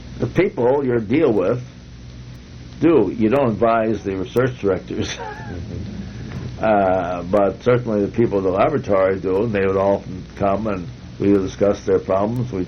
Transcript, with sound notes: the people you deal with do. You don't advise the research directors. [laughter] But certainly the people in the laboratories do, and they would all come and we would discuss their problems.